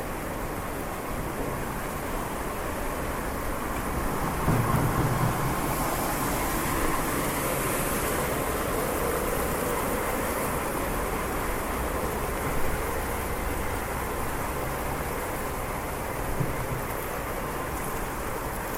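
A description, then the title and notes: Steady rain falls on a street, a dense, even hiss spread from low to high with no breaks. A low rumble of passing traffic runs underneath, swelling slightly around five to eight seconds and again near twelve seconds, then settling back. Walking in the rain streets of Switzerland with a very high-definition binaural microphone.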